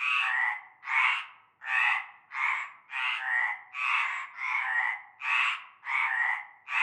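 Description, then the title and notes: Frogs croaking in a chorus, harsh rasping croaks repeated in a steady series. Frog chorus beginning at nightfall in a large concrete basin holding stagnant greenish water, La Ciotat, Bouches-du-Rhône, southern France. "Avenue Cante Coucou, Groupède, La Ciotat, Marseille, Bouches-du-Rhône, Provence-Alpes-Côte d'Azur, France métropolitaine, 13600, France - cœur de grenouilles. Une grande vasque en béton, un fond d'eau verdâtre croupissant. et un cœur de grenouilles dès la nuit tombée"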